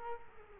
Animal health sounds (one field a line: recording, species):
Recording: mosquito wingbeat signal from an infrared sensor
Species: Culex quinquefasciatus